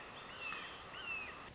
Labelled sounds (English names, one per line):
Red-shouldered Hawk